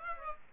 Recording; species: mosquito wingbeat signal from an infrared sensor; Aedes aegypti